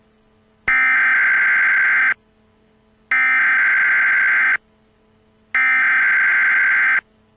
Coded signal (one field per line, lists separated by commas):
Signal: Emergency Alert System (SAME) tones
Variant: header bursts